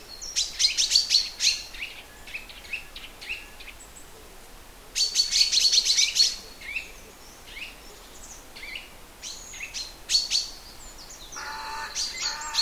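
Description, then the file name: Common chaffinch song: two dense, high trilled phrases, near the start and again around five seconds, with scattered thin chirps in between. "Fringilla coelebs"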